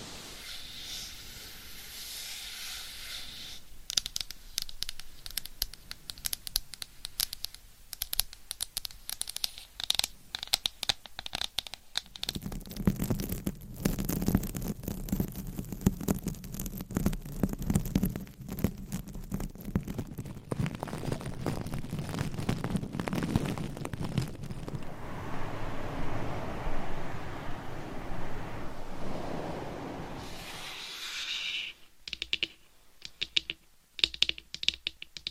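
Gentle tapping and scratching runs throughout, made of dense, quick, irregular taps like fingertips on a hard surface. From about 12 to 30 seconds a fuller, lower scratching rubs underneath the taps. The last few seconds thin out into sparse, separate taps.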